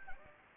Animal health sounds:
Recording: mosquito wingbeat signal from an infrared sensor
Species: Anopheles gambiae

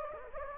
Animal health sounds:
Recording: mosquito wingbeat signal from an infrared sensor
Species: Anopheles gambiae

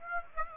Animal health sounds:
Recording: mosquito wingbeat signal from an infrared sensor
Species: Aedes aegypti

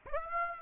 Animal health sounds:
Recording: mosquito wingbeat signal from an infrared sensor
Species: Aedes aegypti

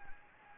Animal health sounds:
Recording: mosquito wingbeat signal from an infrared sensor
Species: Anopheles gambiae

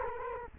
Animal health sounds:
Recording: mosquito wingbeat signal from an infrared sensor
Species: Culex quinquefasciatus

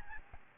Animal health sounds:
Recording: mosquito wingbeat signal from an infrared sensor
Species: Aedes albopictus

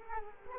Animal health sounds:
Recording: mosquito wingbeat signal from an infrared sensor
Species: Culex quinquefasciatus

